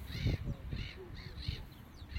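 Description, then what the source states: Gull calls, a series of short, arched notes repeated over low rumbling background noise. Gulls, not common gulls, on top of a school by the North Sea, heard on a breezy morning walk at a car boot sale.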